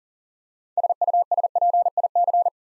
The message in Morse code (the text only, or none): SUSPIC